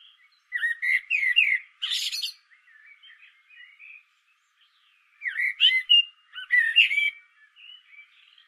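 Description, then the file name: Common blackbird song: low fluted warbling phrases followed by a squeaky high twitter, twice, with faint softer birdsong between phrases. "Turdus merula"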